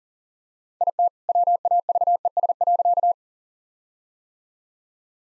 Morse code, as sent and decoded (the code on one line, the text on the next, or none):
.. - / .-- .- ...- . ... .-.-.-
IT WAVES.